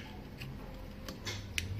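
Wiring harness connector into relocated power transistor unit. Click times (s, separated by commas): 1.6 s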